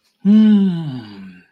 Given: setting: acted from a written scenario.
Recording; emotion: vocal sound without words; amusement